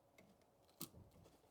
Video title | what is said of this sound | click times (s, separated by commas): Land Rover P0046 Fault Code – Easy Fix or £3,000 Mistake? | into there, and you'll hear it click. That's it. | 0.8 s